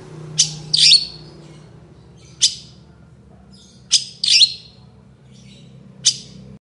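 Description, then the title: Long-tailed shrike song of abrupt, strident notes and short grating doublets, irregularly spaced, against a quiet background hum. Cendet singing loudly in the morning with varied toet toet sounds. "Cendet Gacor Dor Di Kala Pagi Toet Toet Variasi Suara"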